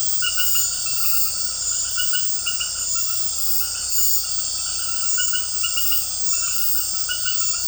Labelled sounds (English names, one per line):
none